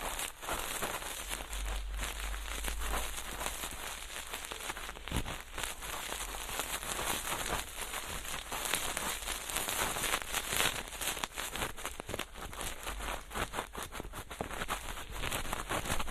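A feather pick brushes in a steady, dense stream of soft rustling and fine crackles, with quick scratchy strokes throughout and no pauses.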